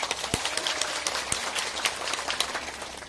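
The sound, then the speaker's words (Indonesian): A crowd at a gathering in Hong Kong applauds steadily for about three seconds, a dense crackle of many hands clapping at once with a few sharper claps popping out, and no voices over it. “Tepuk tangan.”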